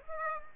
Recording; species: mosquito wingbeat signal from an infrared sensor; Aedes aegypti